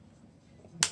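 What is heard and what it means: A protective case clip on an OtterBox Defender case shell is pressed into place around a Samsung Note 20 5G Ultra smartphone. After quiet low background noise, a sharp, bright click rings out at 0.8 s and quickly decays, as the clip snaps and seats in place.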